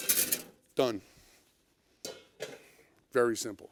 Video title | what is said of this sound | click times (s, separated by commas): NuWave Cooking Club - Roasted Chicken | switch this out for our grill pan but not for my chicken dish snaps right in watch done | 0.3 s